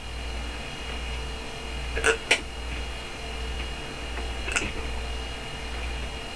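Adult with hiccups: a few sharp, brief hiccup sounds over a steady low background hum, at 3:20 in the morning.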